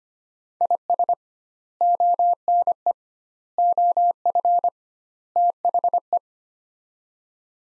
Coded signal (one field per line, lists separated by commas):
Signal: Morse code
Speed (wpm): 25 wpm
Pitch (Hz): 700 Hz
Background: none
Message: IS ONE OF THE